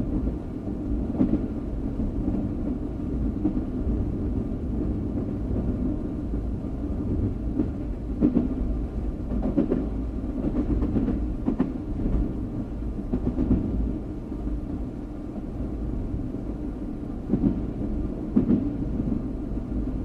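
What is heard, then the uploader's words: A train rumbles steadily and low throughout, with occasional brief clanks and rattles around eight, eleven and eighteen seconds. Train Sound.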